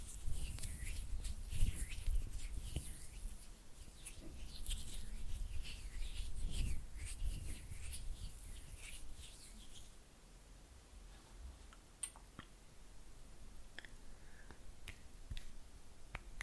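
Oily hands rub and flutter in dense wet squelches for about ten seconds, then only sparse soft clicks and taps follow in near silence.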